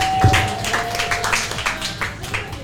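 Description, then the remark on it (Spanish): A short burst of audience applause, many hands clapping in a dense, uneven patter at steady loudness for a few seconds, with a faint high tone lingering briefly at the start. “Un aplauso”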